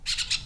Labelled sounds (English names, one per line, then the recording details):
Brown-throated Parakeet contact call
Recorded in Venezuela
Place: Cerro Saroche, Hato Dalmatela, Edo. Lara
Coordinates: 10.149, -69.534